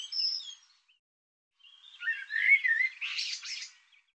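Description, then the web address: Bird song: a brief high note, then after a pause a warbled phrase ending in harsher, buzzy notes. Labelled 'Tu Me Tu Me'. "cianscape birddata Deverinetal 2025 Bird Tu Me Tu Me"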